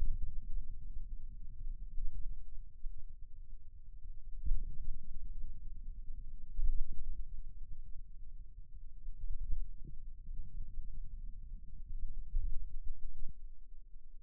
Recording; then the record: forearm muscle sounds (acoustic myography)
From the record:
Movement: finger pinch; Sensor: system 2, bracelet of six BSWA MPA416 microphones around the upper forearm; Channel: 6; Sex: male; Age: 22 years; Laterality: right